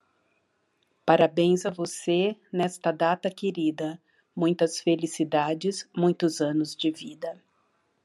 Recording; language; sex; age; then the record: short text; Brazilian Portuguese; female; 50 to 59 years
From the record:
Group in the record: control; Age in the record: 59 years